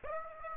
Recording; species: mosquito wingbeat signal from an infrared sensor; Aedes aegypti